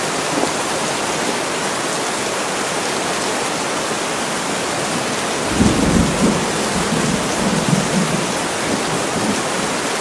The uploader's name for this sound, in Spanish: Fuerte Lluvia Y Truenos En El Tejado En El Bosque Por La Noche